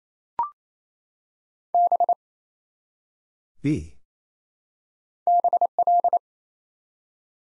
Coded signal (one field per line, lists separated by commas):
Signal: Morse code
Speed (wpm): 27 wpm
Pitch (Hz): 700 Hz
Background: none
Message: B BL